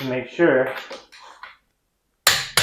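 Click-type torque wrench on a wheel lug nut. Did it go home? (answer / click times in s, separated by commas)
yes / 2.3 s, 2.6 s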